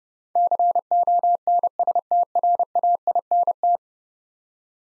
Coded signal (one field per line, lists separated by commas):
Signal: Morse code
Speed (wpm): 30 wpm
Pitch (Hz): 700 Hz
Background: none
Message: CONSTRAINT